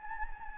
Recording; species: mosquito wingbeat signal from an infrared sensor; Anopheles gambiae